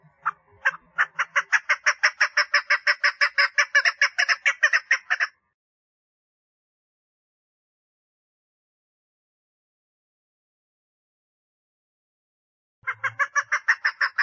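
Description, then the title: Partridge calling in a fast rattling run of coarse notes for about five seconds, then long silence, then the same rapid series starting again. "Perdiz Cantando"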